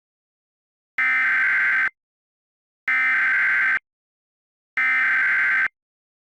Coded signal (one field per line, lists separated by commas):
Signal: Emergency Alert System (SAME) tones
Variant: header bursts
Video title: EAS Scenario - Moose and Zee and the NOGGIN Invasion